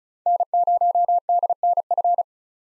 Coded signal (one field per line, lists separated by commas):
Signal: Morse code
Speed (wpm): 34 wpm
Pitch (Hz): 700 Hz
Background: none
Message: N0DNF